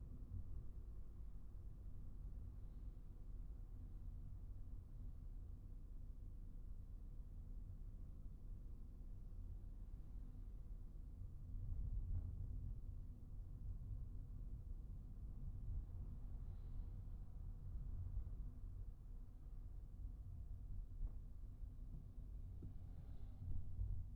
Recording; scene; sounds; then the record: everyday scene through a hearing-aid microphone; in a vehicle; engine, traffic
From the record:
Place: Skoda Fabia, gasoline engine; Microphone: behind the ear, right, rear